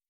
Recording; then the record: hydrophone in a shrimp aquaculture tank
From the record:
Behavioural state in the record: starved